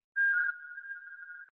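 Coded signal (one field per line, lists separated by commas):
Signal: RTTY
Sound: brief steady high tone, then a fast warbling between two close pitches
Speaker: well we may be running out of room here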